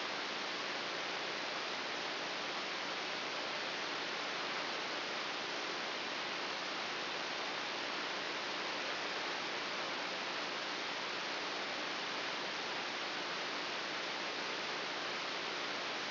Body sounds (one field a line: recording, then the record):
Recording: brain microelectrode recording played as sound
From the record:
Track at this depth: inside the subthalamic nucleus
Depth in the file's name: 2.204 mm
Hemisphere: right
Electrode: 3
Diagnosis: Parkinson's disease